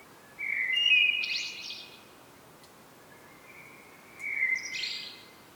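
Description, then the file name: Common blackbird song, two rich whistled phrases, each closing with a brief high-pitched squeaky twitter. "Turdus merula"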